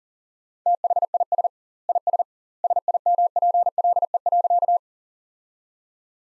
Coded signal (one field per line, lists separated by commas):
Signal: Morse code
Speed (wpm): 40 wpm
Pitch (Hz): 700 Hz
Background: none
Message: THIS IS SIMPLE.